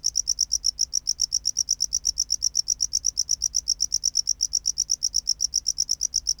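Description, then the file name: Tropical house cricket song: loud, sharp, high chirps in a quick, even rhythm, several per second, continuing for the whole stretch. "Bio Acoustica Gryllodes sigillatus"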